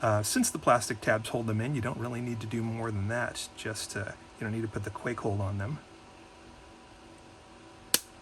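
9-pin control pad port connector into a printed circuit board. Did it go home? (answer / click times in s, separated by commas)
yes / 7.9 s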